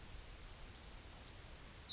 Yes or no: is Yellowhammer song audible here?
yes